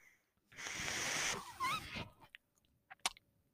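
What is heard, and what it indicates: Rushing hiss of air, then a brief squeaky whistle and clicks: a home mechanical ventilator delivering a breath, heard in a pause in speech.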